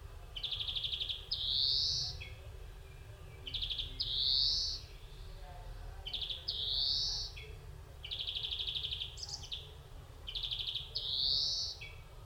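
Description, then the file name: European greenfinch repeating a short pattern about every two and a half seconds: a rattling trill followed by a rising nasal wheeze, with brief low notes between. "Chloris chloris"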